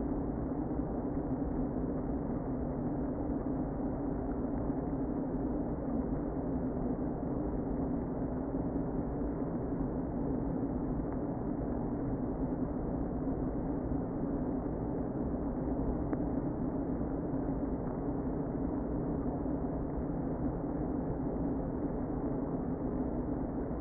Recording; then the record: honeybee colony, microphone inside the hive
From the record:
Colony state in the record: queen present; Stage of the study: before two queens were removed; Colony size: about 60,000 bees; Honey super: yes